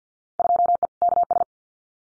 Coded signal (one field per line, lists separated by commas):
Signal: Morse code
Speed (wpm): 50 wpm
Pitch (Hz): 700 Hz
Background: none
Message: 2E KS